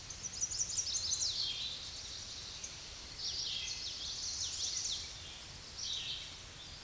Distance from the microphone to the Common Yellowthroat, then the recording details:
about 50 m. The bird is about 15 m above the microphone. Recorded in a Pennsylvania forest on 16 May 2024 at 08:14. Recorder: AudioMoth, point MSD-2494. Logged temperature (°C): 15.6 °C. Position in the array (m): 228 m, 187 m